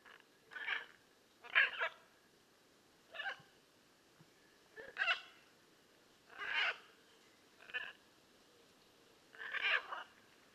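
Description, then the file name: Blue-and-yellow macaw uttering short harsh squawks at irregular intervals, each a brief grating burst over a quiet background. "Blue and yellow Macaw Ara ararauna"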